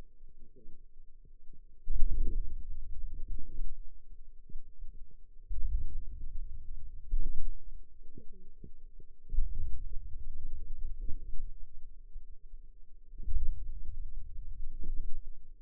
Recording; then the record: forearm muscle sounds (acoustic myography)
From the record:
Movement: hand opening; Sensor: system 2, bracelet of six BSWA MPA416 microphones around the upper forearm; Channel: 2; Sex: female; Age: 21 years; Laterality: right